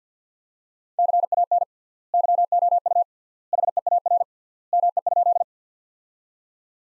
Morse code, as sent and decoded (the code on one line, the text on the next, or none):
-.-. .- -. / -.-- --- ..- / .... . .- .-. / -- . ..--..
CAN YOU HEAR ME?